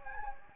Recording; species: mosquito wingbeat signal from an infrared sensor; Anopheles gambiae